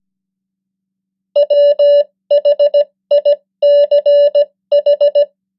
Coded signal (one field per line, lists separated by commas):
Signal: Morse code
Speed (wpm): 17 wpm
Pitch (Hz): 580 Hz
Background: none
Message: WHICH